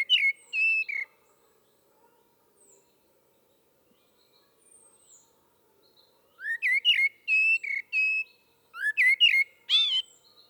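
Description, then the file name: Common blackbird singing fluted, warbling phrases separated by several seconds of near silence, rich with rising and falling whistled notes. "Turdus merula"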